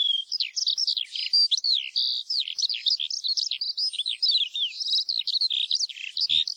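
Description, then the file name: Eurasian skylark singing a fast, unbroken warble of twittering and buzzy slurred notes, with varied high chirps tumbling one after another. "ALLODOLA"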